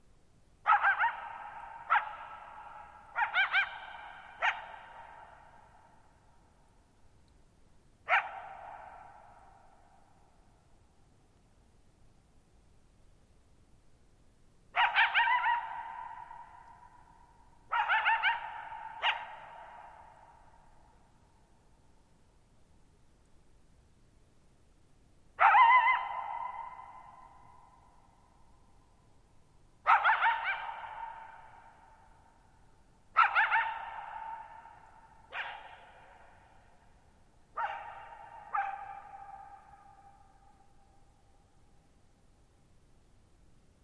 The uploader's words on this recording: Slapback Changes As The Coyote Moves Their Head. Listen to the echoes and reverberation change depending on which direction they face. I spent the night of July 14, 2019, camped near Thirtymile Meadows in the Okanogan National Forest at 6400 ft (1950 m). The shallow-bowl shaped meadows made for a beautiful natural amphitheater for recording. Microphones: Double Mid-Side of MKH8040/MKH30/MKH8040 Stereo Matrix: Harpex-X Recorder: MixPre 6.